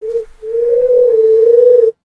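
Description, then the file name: Pigeon cooing: a short note, a brief pause, then one long, low, gently wavering coo. "bird pigeon coo"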